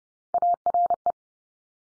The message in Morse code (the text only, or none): ARE